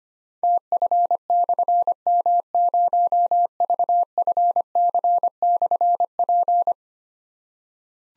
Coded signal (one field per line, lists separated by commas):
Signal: Morse code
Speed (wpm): 25 wpm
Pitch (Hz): 700 Hz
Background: none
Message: TF/M0VFC/P